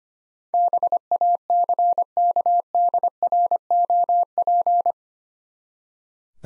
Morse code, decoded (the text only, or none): BACKDROP